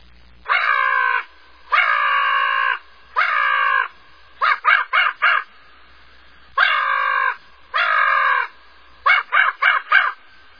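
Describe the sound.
Crow cawing, harsh hoarse caws in drawn-out groups of two or three, then quicker clipped bursts of four or five, repeated throughout with quiet gaps between.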